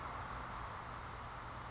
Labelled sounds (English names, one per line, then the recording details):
Chestnut-backed Chickadee
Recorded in Sonoma County, California